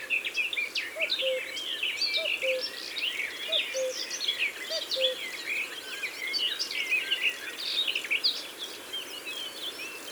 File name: Coucou gris ABC des chants doiseaux